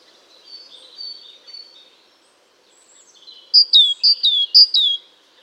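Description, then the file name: Great tit, a quick series of three two-note phrases near the end, each a high note followed by a lower descending one, after faint thin high notes earlier. "Parus major"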